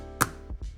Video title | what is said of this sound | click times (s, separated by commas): Poetic Revolution & Spartan Cases - The ULTIMATE iPhone Air Protection | As you heard that magnetic snap and we are wirelessly charging. | 0.2 s